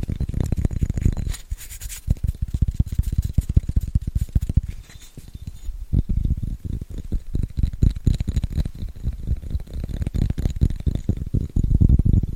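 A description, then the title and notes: Fast, scratchy tapping runs almost without pause, dense clusters of quick taps with a rough, brushing texture. The taps are mostly low and thumpy with a hissy scratch on top, easing briefly around five seconds before picking back up and growing heavier toward the end. ASMR Fast & Scratchy Tapping (No Talking).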